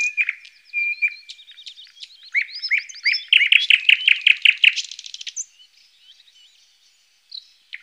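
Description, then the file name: Thrush nightingale song: varied phrases of pure whistles and clicks, then a loud run of rapid, repeated chock notes and a fast buzzy rattle, followed by quieter twittering. "noordse nachtegaal thrush nightingale"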